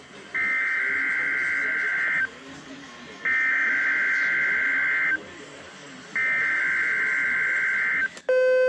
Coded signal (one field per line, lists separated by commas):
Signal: Emergency Alert System (SAME) tones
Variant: header bursts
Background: speech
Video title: 2018 Iowa Tornado Drill tests on TV and radio (EAS #499-516)